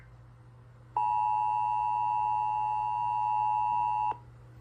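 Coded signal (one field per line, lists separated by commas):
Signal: Emergency Alert System (SAME) tones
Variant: 853 and 960 Hz attention tone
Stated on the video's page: Required Weekly Test on an FM station.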